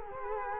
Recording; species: mosquito wingbeat signal from an infrared sensor; Culex quinquefasciatus